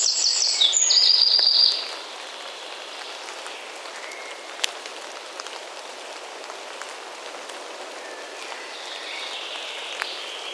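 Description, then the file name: Eurasian wren giving a brief, very high rapid trill in the first two seconds, then steady rain pattering with scattered drips for the rest. "Troglodytes troglodytes"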